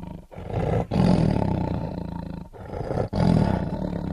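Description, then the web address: Tiger giving deep, throaty roars, several rough drawn-out bursts broken by quick intakes of breath. "big cats|tigers"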